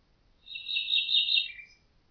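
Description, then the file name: Common nightingale song: a single rapid, buzzy high trill lasting about a second, ending in a brief lower twitter. "Nachtigall"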